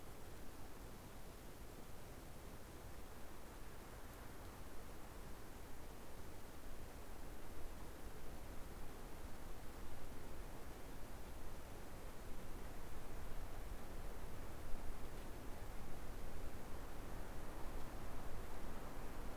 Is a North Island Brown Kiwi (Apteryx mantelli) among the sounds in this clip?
no